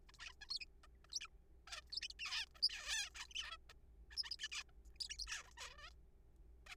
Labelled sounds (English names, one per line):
Zebra Finch